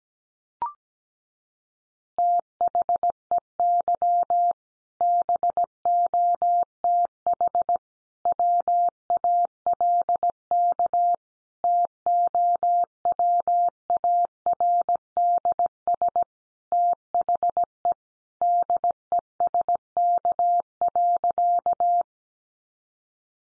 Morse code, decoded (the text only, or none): THEY BOTH WALK TOWARDS THE DESK.